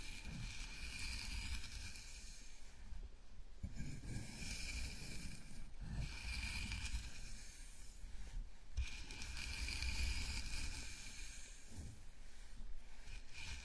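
A scalp massage: fingers rub and scratch through hair in a steady, dense rustle with a soft low rumble underneath. The scratching swells and eases in slow waves every few seconds, with brief pauses near 4, 6 and 12 seconds.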